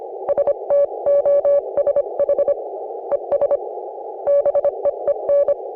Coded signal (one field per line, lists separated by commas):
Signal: Morse code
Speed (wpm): 26 wpm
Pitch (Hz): 560 Hz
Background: none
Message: STOSH ES BEEN